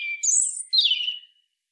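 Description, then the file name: European robin song fragment: a high sustained whistle then a warbling downslurred phrase, brief and clear against silence. "Erithacus rubecula"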